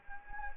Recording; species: mosquito wingbeat signal from an infrared sensor; Anopheles gambiae